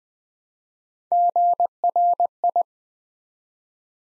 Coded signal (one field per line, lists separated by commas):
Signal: Morse code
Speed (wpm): 20 wpm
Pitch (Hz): 700 Hz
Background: none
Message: GRI